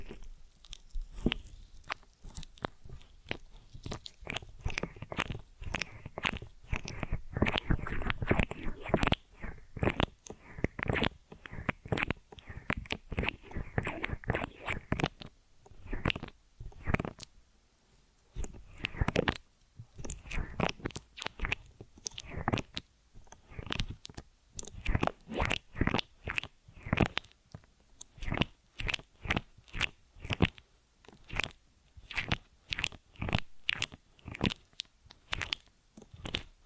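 Ear and scalp massage with cleaning, heard as dense crinkly rubbing and crunching that fills most of the clip. The scratchy strokes come in quick, uneven bursts, heaviest around eight to fifteen seconds, with short pauses near sixteen and twenty seconds before the rapid scraping resumes.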